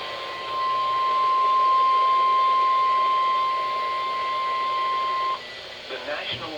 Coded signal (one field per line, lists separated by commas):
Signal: Emergency Alert System (SAME) tones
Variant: 1050 Hz attention tone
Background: speech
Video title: wr100s w no siren rwt eas 2033